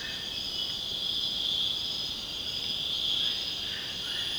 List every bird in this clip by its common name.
none